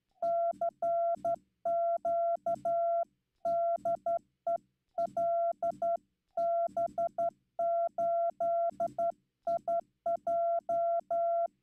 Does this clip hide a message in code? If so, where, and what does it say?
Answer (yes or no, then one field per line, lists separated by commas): yes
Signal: Morse code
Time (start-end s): 0.2-11.5 s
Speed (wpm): 12 wpm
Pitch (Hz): 680 Hz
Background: none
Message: CQ DE LB8IJ